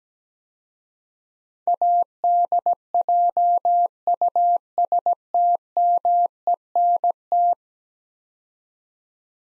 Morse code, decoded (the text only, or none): ADJUSTMENT